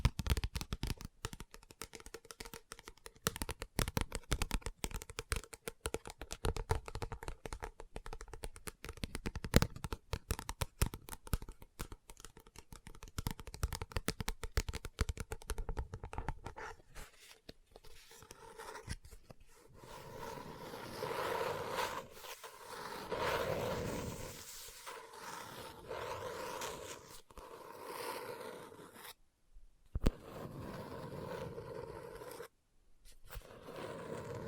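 Tapping and scratching on a book fill the first half with dense, rapid clicks and rasps, steady and fairly bright. After about sixteen seconds the sound shifts to slower, smoother rustling sweeps like pages being turned, with brief silent gaps near 29 and 33 seconds.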